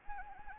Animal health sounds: mosquito wingbeat signal from an infrared sensor; Anopheles gambiae

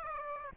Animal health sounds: mosquito wingbeat signal from an infrared sensor; Aedes aegypti

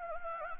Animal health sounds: mosquito wingbeat signal from an infrared sensor; Anopheles gambiae

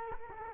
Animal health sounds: mosquito wingbeat signal from an infrared sensor; Culex quinquefasciatus

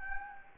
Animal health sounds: mosquito wingbeat signal from an infrared sensor; Anopheles gambiae

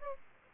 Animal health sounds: mosquito wingbeat signal from an infrared sensor; Aedes aegypti

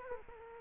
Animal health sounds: mosquito wingbeat signal from an infrared sensor; Aedes aegypti

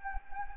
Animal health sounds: mosquito wingbeat signal from an infrared sensor; Anopheles gambiae

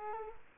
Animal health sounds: mosquito wingbeat signal from an infrared sensor; Culex quinquefasciatus

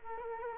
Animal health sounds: mosquito wingbeat signal from an infrared sensor; Culex quinquefasciatus

